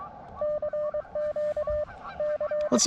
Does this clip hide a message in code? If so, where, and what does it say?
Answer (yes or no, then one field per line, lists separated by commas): yes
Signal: Morse code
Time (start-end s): 0.4-2.8 s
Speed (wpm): 23 wpm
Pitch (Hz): 600 Hz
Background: speech, radio noise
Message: CQ C